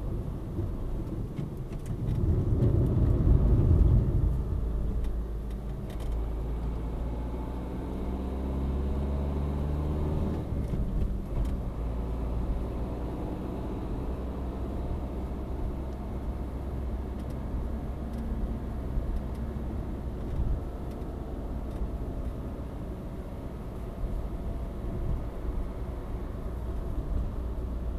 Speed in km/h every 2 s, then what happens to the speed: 47, 44, 41, 45, 54, 59, 63, 68, 69, 69, 67, 65, 65, 63.
0-5 steady at about 44. 5-15 speeds up to 69. 15-28 steady at about 65.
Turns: none.